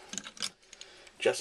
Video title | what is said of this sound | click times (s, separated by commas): Transformers Dark of the Moon Leader Ironhide Toy Review | Just popped out again. | 0.2 s